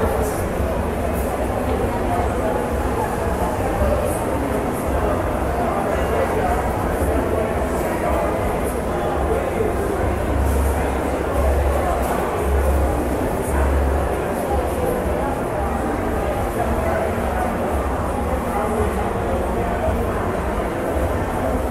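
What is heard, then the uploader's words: Shopping mall ambience with a steady, dense wash of overlapping chatter and footsteps. A low rumble runs underneath throughout, with a few brief brighter clicks and clatters scattered across the clip, while the overall level stays even from start to finish. SHOPPING MALL ASMR AMBIENT SOUND.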